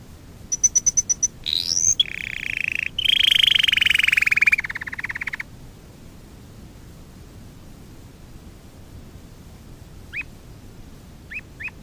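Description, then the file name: Domestic canary song: quick high ticking notes, a rising whistle, then a long rolling trill falling slightly, followed by silence and a few soft rising chirps. Fife canary. "kenari-fife-v 2-omkicau"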